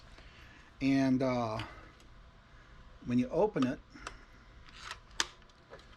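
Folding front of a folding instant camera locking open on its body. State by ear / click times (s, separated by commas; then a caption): seated / 5.2 s. Someone talks as the folding front and bellows of a heavy Polaroid 800 folding instant camera are pulled open on its body, with a faint tick near 4.1 s. A sharp click at 5.2 s marks the front locking open in place; the camera is in good condition with no cracking.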